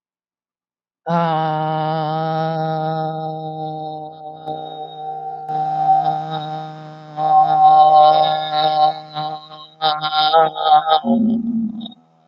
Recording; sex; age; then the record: vowel held as long as possible; female; 50 to 59 years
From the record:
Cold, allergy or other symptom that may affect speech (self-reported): no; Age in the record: 59 years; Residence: Oklahoma, United States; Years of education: 12